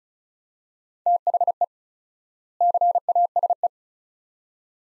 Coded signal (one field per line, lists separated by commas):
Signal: Morse code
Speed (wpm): 36 wpm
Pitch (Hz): 700 Hz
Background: none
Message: THE CASE